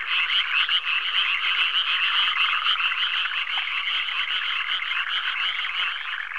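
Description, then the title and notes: Dense frog chorus, fast rattling croaks overlapping, slightly softening toward the end. "NHK Sound Effects Collection - 3-Frogs. NHK効果音集 - 3-カエル"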